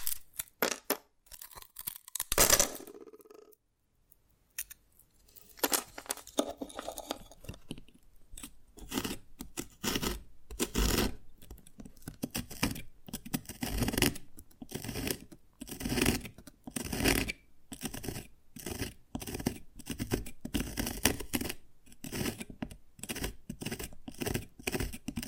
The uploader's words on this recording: ASMR SQUID GAME Dalgona Candy Challenge Tapping, Cracking Triggers for Sleep(No Talking).